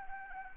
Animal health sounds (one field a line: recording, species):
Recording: mosquito wingbeat signal from an infrared sensor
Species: Anopheles arabiensis